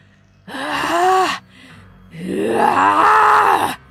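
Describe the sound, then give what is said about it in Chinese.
The wolf grandmother character lets out two loud, sharp shrill screams in horror at a gopher sack on the coffee table, the first about a second long and the second longer with a wavering, strained pitch, separated by a brief pause with no speech. “一声尖锐的尖叫，狼外婆惊悚地看着茶几上的地鼠口袋，小阳伞被他扔在了地上，调味料和酒瓶砸在了地上，洒了一地。”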